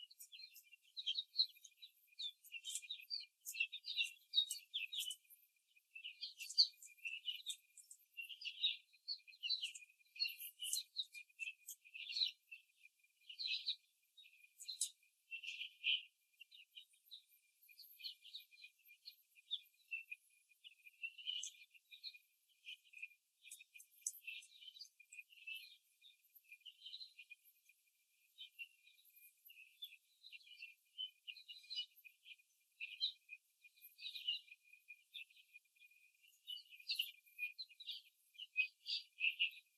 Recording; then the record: young laying hens in a cage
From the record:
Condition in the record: before the stressor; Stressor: simulated dog barking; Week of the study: 3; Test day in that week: 1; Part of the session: 3